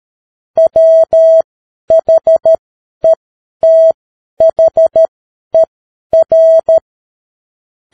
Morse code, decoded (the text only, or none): WHETHER